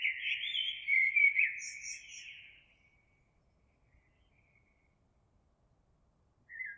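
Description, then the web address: Eurasian blackbird: a rich warbling phrase with thin high chittering notes mixed in, followed by silence and the onset of another phrase. Recorded 26 April 2022. "oiseaux Merle 2022 04 26"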